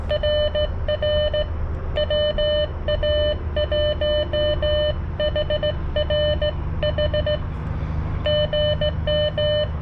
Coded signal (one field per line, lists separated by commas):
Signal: Morse code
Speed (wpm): 17 wpm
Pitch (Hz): 600 Hz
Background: none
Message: RR WA1HRH GM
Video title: CW POTA with the Xiegu X6200 and Palm Radio Portable Key